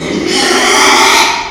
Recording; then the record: squeal of a Yucatan mini pig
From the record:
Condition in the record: after surgery on the right vocal fold (resection and tissue-engineered implant); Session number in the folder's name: 2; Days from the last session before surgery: 13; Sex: male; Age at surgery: 12 weeks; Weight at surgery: 13 kg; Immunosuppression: cyclosporine, prednisolone